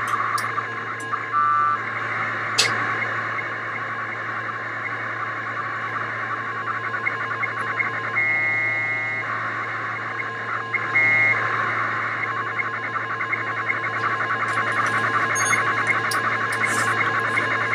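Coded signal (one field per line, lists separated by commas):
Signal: packet radio (AX.25, as in APRS)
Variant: 1200 baud AFSK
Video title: Qtmm soundcard modem receiving AO-27 telemetry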